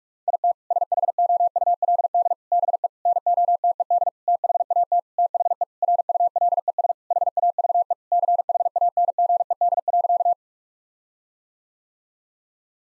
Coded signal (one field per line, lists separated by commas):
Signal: Morse code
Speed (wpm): 48 wpm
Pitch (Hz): 700 Hz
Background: none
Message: IT SHOULD BE NOTED THAT THE RULES HAVE CHANGED.